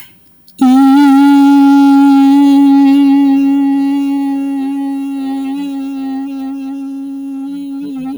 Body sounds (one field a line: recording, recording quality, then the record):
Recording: sustained vowel as in beet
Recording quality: excellent, no background noise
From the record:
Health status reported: respiratory illness, not identified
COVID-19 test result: negative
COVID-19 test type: RT-PCR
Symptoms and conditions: asthma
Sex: female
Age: 34 years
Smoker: no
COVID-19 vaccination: both doses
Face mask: not worn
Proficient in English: yes